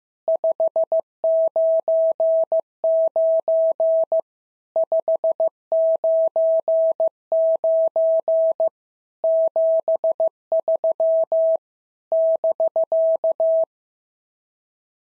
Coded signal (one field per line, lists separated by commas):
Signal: Morse code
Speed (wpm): 14 wpm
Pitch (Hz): 650 Hz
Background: none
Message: 599 599 73 <BK>